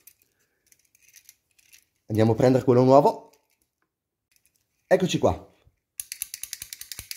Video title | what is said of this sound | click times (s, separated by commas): EP4 sostituire pulsante della luce guasto fai da te, pulsante del corridoio, cambiare pulsante rotto | until we hear the click ok | 6.0 s